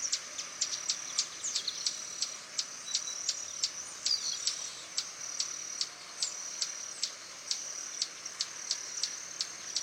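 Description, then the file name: Swallow-tailed hummingbird repeating piercing, high chip notes at a quick, slightly uneven pace over a constant high whine. "Canto do beija flor tesoura"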